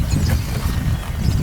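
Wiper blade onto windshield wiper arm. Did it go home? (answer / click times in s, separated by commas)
no / none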